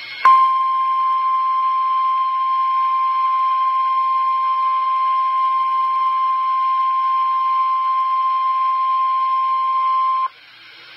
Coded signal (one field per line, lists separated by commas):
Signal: Emergency Alert System (SAME) tones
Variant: 1050 Hz attention tone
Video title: REAL EAS 264- Severe thunderstorm warning